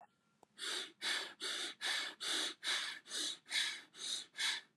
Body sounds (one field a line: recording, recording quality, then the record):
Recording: shallow breathing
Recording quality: excellent, no background noise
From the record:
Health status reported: COVID-19 positive, mild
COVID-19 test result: positive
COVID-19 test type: RT-PCR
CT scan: not taken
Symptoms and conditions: cough, cold, sore throat, fever, fatigue, muscle pain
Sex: male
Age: 26 years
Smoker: no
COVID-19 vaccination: both doses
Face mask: not worn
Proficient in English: yes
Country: India